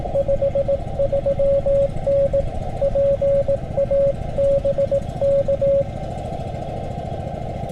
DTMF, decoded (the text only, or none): none